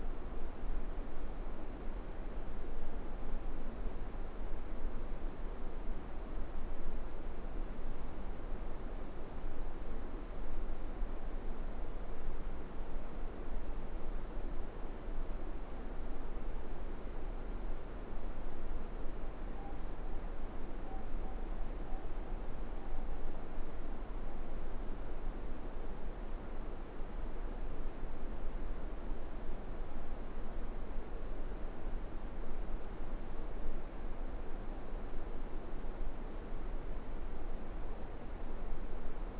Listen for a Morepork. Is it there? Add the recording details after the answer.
yes. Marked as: faintness 5/5. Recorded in New Zealand. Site Eglinton